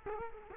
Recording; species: mosquito wingbeat signal from an infrared sensor; Culex quinquefasciatus